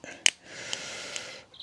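Two plastic parts of a Jaguar XK8 (XKR X100) sport button switch housing are pushed together, and the housing tab gives a sharp click into its socket at 0.3 s. The tab is deliberately left only partway in because the metal cam follower still has to go in. A steady hiss continues afterward with a few faint ticks.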